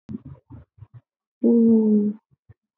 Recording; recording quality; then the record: sustained vowel as in boot; poor, much background noise or distortion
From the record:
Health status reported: healthy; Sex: female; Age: 24 years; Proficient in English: yes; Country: India